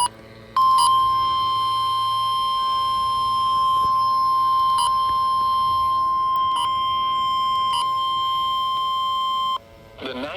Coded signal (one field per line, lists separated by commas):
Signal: Emergency Alert System (SAME) tones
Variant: 1050 Hz attention tone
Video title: Looking at Some Thunderstorms Rolling In + IND Flash Flood Warning On #KEC74 (EAS #109) 8/1/24